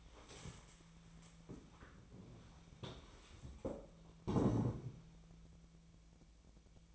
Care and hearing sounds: daily activity, microphone in the room; stand up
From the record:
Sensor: 1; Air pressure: 1000.5 hPa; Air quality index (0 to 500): 175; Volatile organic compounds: 4 ppm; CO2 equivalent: 1618 ppm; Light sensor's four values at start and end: 15/36/15/17 and 16/37/16/18

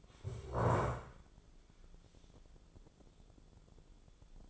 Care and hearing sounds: daily activity, microphone in the room; stand up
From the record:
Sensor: 5

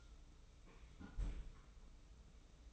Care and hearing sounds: daily activity, microphone in the room; close fridge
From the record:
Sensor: 1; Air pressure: 991.0 hPa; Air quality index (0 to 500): 112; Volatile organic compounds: 118 ppm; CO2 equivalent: 3865 ppm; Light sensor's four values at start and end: 19/46/19/21 and 19/46/19/21

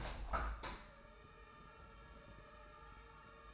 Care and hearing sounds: daily activity, microphone in the room; open window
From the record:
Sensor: 2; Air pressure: 999.7 hPa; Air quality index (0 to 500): 218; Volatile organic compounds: 47 ppm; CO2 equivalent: 3250 ppm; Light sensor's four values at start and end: 8/19/8/8 and 8/20/8/8

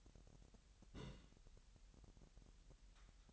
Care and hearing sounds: daily activity, microphone in the room; place on stove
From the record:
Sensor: 3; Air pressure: 1002.0 hPa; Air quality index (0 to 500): 248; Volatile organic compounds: 51 ppm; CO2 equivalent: 3306 ppm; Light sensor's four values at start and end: 6/15/6/6 and 6/15/6/6

